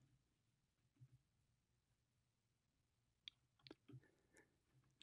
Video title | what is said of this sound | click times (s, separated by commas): Guide: How to Operate the LTT Torque Analyzer | ltt captures the point at where the wrench clicks | 3.3 s